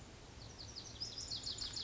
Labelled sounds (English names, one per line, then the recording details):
Lazuli Bunting
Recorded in Sonoma County, California